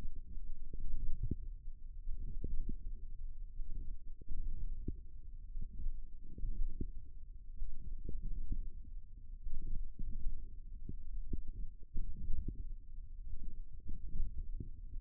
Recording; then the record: forearm muscle sounds (acoustic myography)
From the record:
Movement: hand closing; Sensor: system 1, eight BSWA MPA416 microphones around the upper forearm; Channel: 8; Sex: female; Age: 21 years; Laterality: right